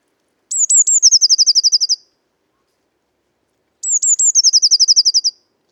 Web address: SETE data Cyanistes caeruleus